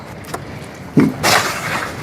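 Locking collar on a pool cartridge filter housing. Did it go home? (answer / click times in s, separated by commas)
no / none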